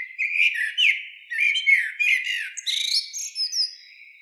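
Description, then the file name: Common blackbird song, a continuous run of fluted, warbling notes followed by squeaky, twittering high flourishes without a pause. "Turdus merula"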